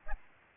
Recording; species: mosquito wingbeat signal from an infrared sensor; Aedes albopictus